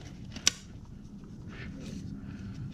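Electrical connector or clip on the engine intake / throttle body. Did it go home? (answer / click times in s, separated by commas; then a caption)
yes / 0.5 s. While reassembling the intake on a 2008–2014 Mercedes-Benz C300/C350 (W204) after cleaning the throttle body and MAF, an electrical connector or clip on the engine intake/throttle body is pushed home. A single sharp, loud click lands at 0.5 s against a low background hum, and the connector is seated.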